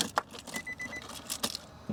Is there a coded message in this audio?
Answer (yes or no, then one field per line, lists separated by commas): no